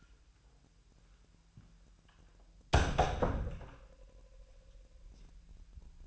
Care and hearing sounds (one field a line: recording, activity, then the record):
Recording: daily activity, microphone in the room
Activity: close door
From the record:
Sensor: 2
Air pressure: 1001.4 hPa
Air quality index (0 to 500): 243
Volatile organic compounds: 78 ppm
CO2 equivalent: 3590 ppm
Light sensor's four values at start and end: 7/17/7/6 and 7/16/6/6